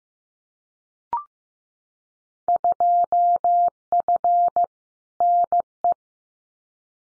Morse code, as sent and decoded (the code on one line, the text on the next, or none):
..--- ..-. / -. .
2F NE